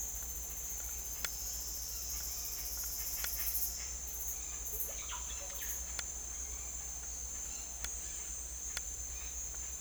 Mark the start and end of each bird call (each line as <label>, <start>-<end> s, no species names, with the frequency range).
bird call (0.2-5.3 kHz), 4.83-5.67 s